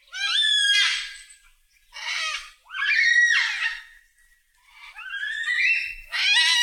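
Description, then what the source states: Yellow-tailed black cockatoos giving several harsh, drawn-out wailing screeches, some rising in pitch. Several birds.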